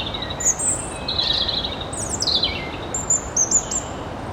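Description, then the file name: European robin singing varied high phrases: thin whistles, a scratchy trill that falls in pitch, and closing sharp twittering notes over soft hiss. "Erithacus rubecula"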